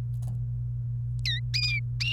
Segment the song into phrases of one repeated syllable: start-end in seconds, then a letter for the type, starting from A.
1.25-1.40 A